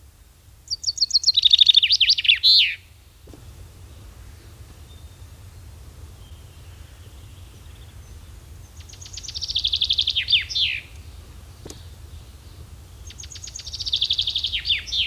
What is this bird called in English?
Common Chaffinch